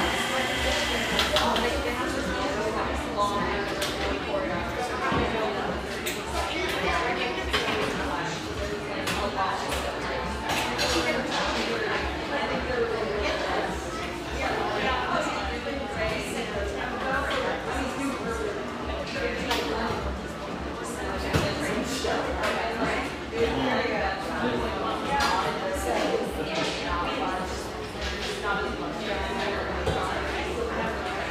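Steady crowd chatter fills a mellow, exposed-brick spot in Portland frequented by railyard staff, many voices overlapping without pause. Sharp clinks and knocks of dishes or cutlery pop up every few seconds, over a low, constant hum.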